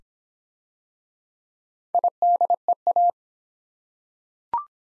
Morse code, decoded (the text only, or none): IDEA